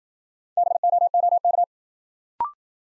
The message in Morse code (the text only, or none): BOOK